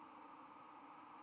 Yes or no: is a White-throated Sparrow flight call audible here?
yes